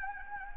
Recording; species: mosquito wingbeat signal from an infrared sensor; Anopheles gambiae